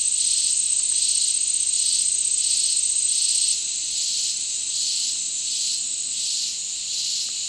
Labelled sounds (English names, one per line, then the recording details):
none
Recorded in dense forest near Puerto Asís, Putumayo, Colombia, on 20 February 2024 at 08:30
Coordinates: 0.499, -76.324
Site G6469